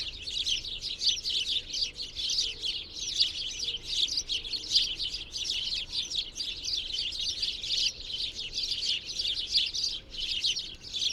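Birdsong as a dense, continuous stream of high twittering and chirping notes, with no real pauses, over faint background noise.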